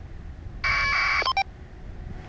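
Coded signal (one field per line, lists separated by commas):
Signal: packet radio (AX.25, as in APRS)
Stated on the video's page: Packet through the ISS's new UHF digipeater, a handheld replacing the old VHF one, worked shortly after activation.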